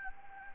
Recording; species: mosquito wingbeat signal from an infrared sensor; Anopheles gambiae